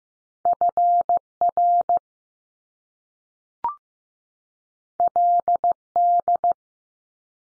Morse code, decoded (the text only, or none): F R L D